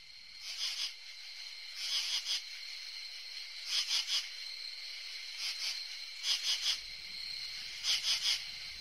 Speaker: Well, let's take a listen to the sound of a true katydid.